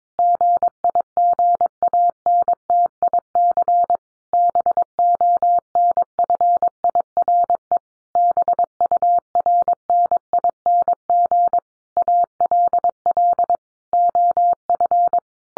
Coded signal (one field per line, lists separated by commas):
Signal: Morse code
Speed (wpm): 22 wpm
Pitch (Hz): 700 Hz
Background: none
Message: GIGANTIC BONFIRE BURNING ALL OF